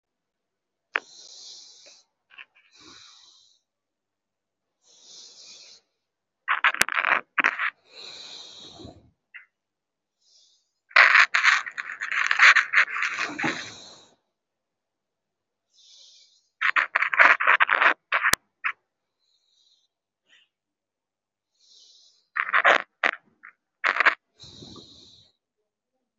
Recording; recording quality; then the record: deep breathing; excellent, no background noise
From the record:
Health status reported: COVID-19 positive, no symptoms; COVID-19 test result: positive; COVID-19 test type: RT-PCR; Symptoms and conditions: cough, cold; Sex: female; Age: 24 years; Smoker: no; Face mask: worn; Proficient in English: yes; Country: India